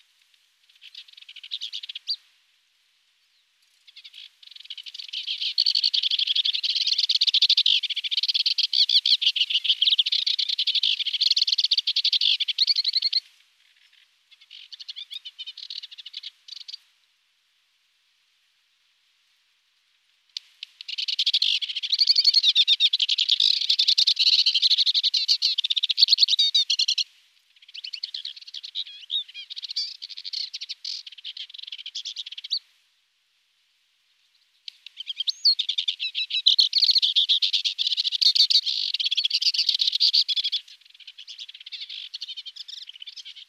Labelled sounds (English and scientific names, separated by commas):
Sykes's Warbler (Iduna rama) song